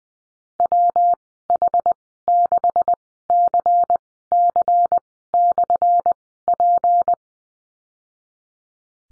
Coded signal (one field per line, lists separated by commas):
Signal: Morse code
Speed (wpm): 20 wpm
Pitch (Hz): 700 Hz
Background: none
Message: WH6CC/P